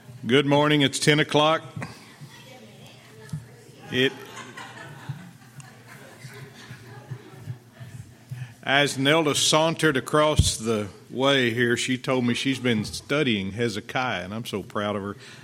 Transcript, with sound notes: Good morning, it's 10 o'clock. [laughter] As Nilda sauntered across the way here, she told me she's been studying Hezekiah, and I'm so proud of her.